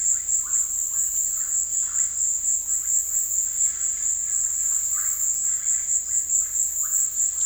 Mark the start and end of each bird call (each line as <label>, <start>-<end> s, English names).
Russet-backed Oropendola, 0.00-7.46 s